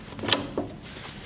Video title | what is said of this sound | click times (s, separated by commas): Graco® Pack 'n Play® Playard - Side Attachment Diaper Changer Assembly | connect the two tubes until you hear it click then | 0.3 s